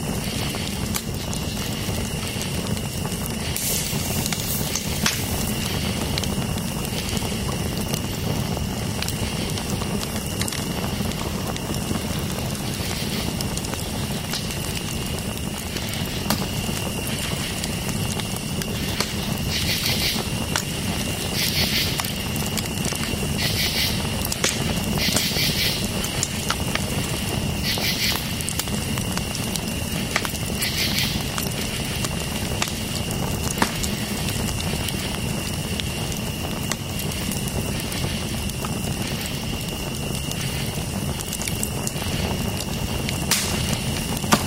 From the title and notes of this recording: Soothing Crackling of a Campfire. The relaxing and soothing sounds of a crackling campfire and chirping insects. Listen to the gentle hissing of the wood, the peaceful popping of the embers, and the occasional distant wildlife sounds. Campsite Fire.